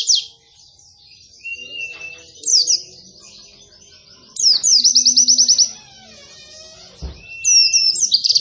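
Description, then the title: White-eye giving short bursts of high slurred notes and one fast rattling trill, with thin whistles, faint lower tones and a brief knock. Bird singing actively (gacor), giving long continuous bursts (nembak panjang) in a canary-like song style (kenarian). "Pleci Gacor. Pleci Nembak Panjang Istimewa Full Kenarian"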